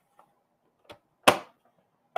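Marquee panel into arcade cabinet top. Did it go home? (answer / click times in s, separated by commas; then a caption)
yes / 1.3 s. A marquee panel, possibly wood or MDF, is fitted into its slot at the top of a home arcade cabinet kit, with faint taps around 0.2 s and 0.9 s. A loud, sharp snap at 1.3 s marks the panel seating into place, followed by a brief tick at 2.2 s.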